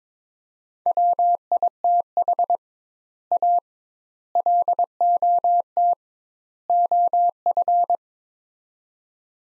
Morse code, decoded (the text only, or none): WITH A LOT OF